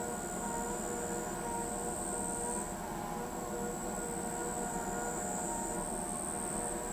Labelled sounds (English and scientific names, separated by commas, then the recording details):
none
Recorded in pastures near Pivijay, Magdalena, Colombia, on 15 April 2023 at 23:30
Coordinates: 10.456, -74.369
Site P6-G026